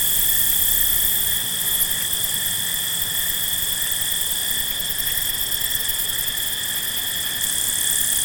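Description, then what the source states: Field crickets fill the air with overlapping high trills, a sustained shimmering drone with slight swells in loudness. Several field crickets at night.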